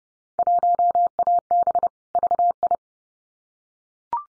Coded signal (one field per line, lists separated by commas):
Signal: Morse code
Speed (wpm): 30 wpm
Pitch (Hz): 700 Hz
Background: none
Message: 1AB VI